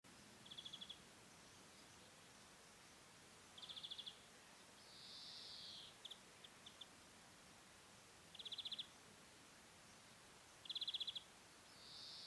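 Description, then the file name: European greenfinch giving brief rattling trills at irregular intervals, mixed with long wheezy nasal notes and a few soft ticks, over low background noise. "Chloris chloris"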